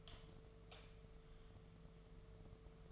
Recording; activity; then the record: daily activity, microphone in the room; light off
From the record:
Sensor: 4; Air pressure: 1015.4 hPa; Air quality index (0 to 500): 173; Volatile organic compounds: 7 ppm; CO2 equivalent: 2003 ppm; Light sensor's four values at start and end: 17/42/17/17 and 16/38/16/15